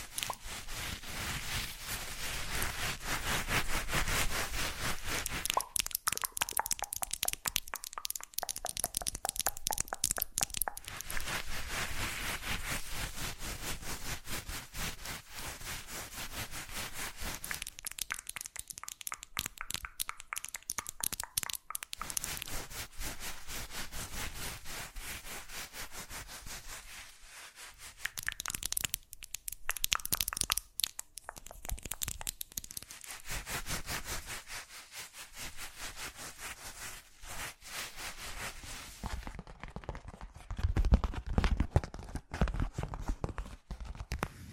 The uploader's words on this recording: ASMR Fast Changing Unpredictable Triggers (No Talking).